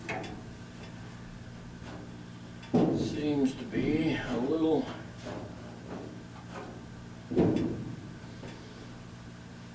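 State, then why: Not seated. A sheet-metal HVAC duct section is tapped or hammered into a duct fitting to seat it, with hammer blows heard over a steady low hum while someone talks. The section fails to snap into place and has not gone in as far as it should, so nothing has seated or clicked yet.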